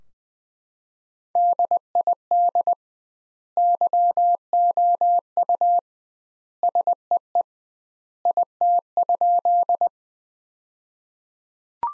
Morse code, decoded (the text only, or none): DID YOU SEE IT?